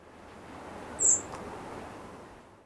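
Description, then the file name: Common blackbird call: one thin, very high, brief note about a second in, over a soft steady background hiss. "Turdus merula"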